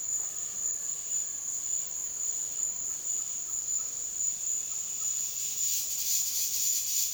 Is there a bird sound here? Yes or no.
no